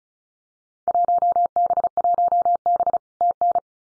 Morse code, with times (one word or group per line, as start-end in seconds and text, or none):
0.9-3.0 1B1B
3.2-3.6 TN